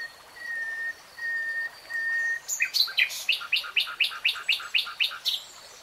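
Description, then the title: Nightingale song: three plain, drawn-out whistles, then a rhythmic series of sharp, sweeping repeated notes. Three-hour real-time recording. "[Tiếng chim hót] Nightingale Singing"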